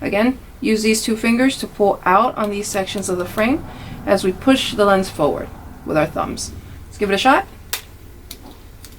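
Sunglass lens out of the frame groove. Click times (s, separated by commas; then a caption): 7.7 s. Someone talks while pulling out on two sections of an Oakley New Canteen (2014) sunglass frame with two fingers and pushing the old lens forward with the thumbs. At 7.7 s the lens unseats from the frame groove with a sharp pop, followed by fainter ticks, and the lens is released.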